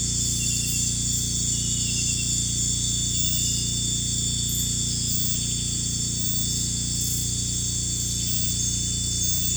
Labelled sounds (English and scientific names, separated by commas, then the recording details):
none
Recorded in pastures near Puerto Asís, Putumayo, Colombia, on 16 December 2024 at 00:00
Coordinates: 0.466, -76.322
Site G040